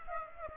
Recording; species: mosquito wingbeat signal from an infrared sensor; Aedes aegypti